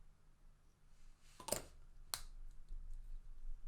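A plastic part of a HobbyBoss 1/35 Land Rover WMIK with MILAN scale-model kit is pushed home into the vehicle assembly, with a brief rustling handling noise around 1.4–1.6 seconds. A sharp, bright click follows at 2.1 seconds as the part snaps in and is seated.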